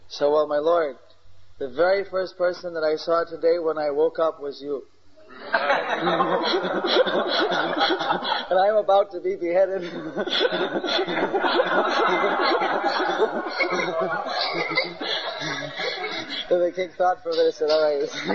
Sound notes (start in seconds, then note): 5.4 gurumaharaj laughs; 9.8 laughter